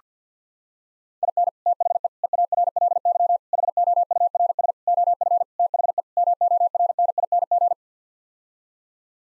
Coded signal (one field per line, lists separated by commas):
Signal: Morse code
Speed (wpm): 50 wpm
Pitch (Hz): 700 Hz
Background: none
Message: IN THE EARLY HOURS OF THE MORNING